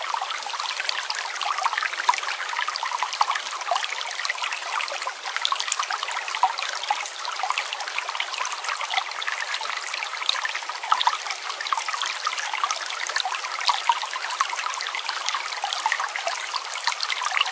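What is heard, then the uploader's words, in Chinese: A natural stream runs steadily, a dense continuous babble of water over stones. Quick splashes and trickles overlap without pause, bright and fizzy with almost no low rumble. The flow stays even from start to finish. 自然溪流声丨白噪音。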